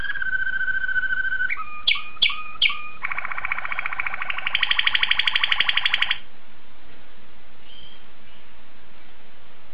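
Domestic canary song: a steady whistle, a few sharp repeated notes, then a dense, fast trill that stops abruptly into near quiet.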